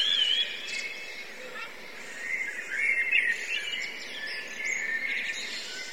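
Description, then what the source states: Many blackbirds calling together: thick chatter of whistled and rasping notes, with a brief clear slurred whistle near the start and denser bursts midway. Several blackbirds; recorded from a line-in input, with buffer overruns.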